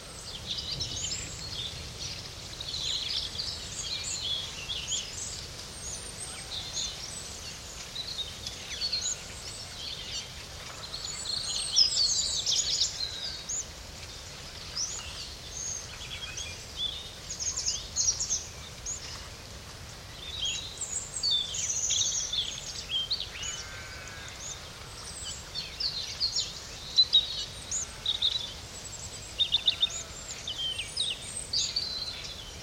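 Outdoors in a protected natural area, a dense chorus of small birds chirps and trills almost without pause, bright and busy, with a few louder calls near twelve and thirty seconds. Underneath runs a steady low rush of wind or moving water.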